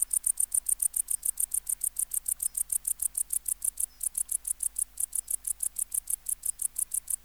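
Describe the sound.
Tettigonia hispanica bush-cricket producing a steady rapid sequence of bright, high, scratchy chirps throughout.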